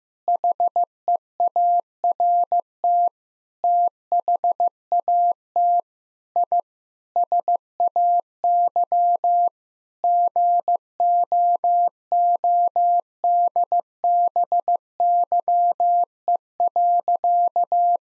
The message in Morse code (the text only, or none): HEART THAT I SAY GOODBYE.